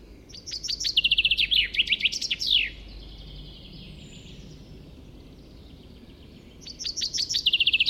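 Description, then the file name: Common chaffinch song, a rattling descending trill closing with a flourish, given twice about six seconds apart, the second phrase cut off; faint birdsong in the pause. "Fringilla coelebs"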